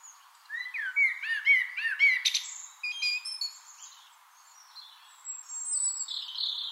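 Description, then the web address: Eurasian blackbird song: repeated arched fluty notes, then a sharp high twitter and thin high whistles. "SETE data Turdus merula"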